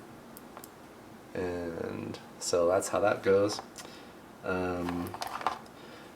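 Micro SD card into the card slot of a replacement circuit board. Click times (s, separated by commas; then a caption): 0.4 s, 0.6 s. A micro SD card is pushed into the push-push card slot of a replacement circuit board and clicks into place, with small clicks at 0.4 s, 0.6 s and 0.6 s. Afterward someone talks, and the card is seated.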